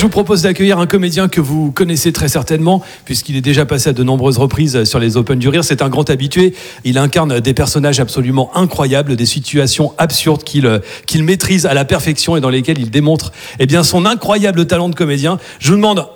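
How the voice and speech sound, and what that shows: An adult male host speaking French at the Rire et Chanson Comedy Club, introducing the next comedian to the audience. Typical speech, fluent and clearly voiced with an animated, presenter-like delivery and brief pauses.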